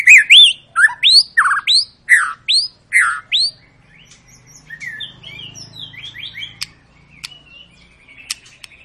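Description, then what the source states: White-rumped shama song opening with a loud series of several rising whistled notes, then softer twittering and sharp clicks. Long lure song used to make other birds sing.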